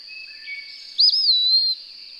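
Bird sings a single whistled phrase, sharply rising then sliding down in a drawn-out slur, after faint softer notes, with a constant high drone beneath.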